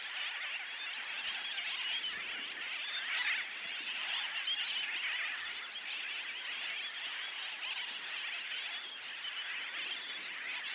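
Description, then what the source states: Birds keep up a dense, constant chorus of harsh, squealing calls, all run together into one steady high hiss. Recorded at Bush Key, Dry Tortugas.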